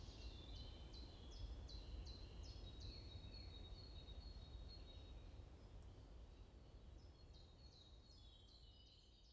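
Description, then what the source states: A bird repeats short, high, downslurred chirps about twice a second, then a fresh burst at the end, low rumble underneath. Morning birds chirping around a forest in Bosvoorde, Watermaal-Bosvoorde, Brussels, Belgium; recorded with an AMBE VR microphone.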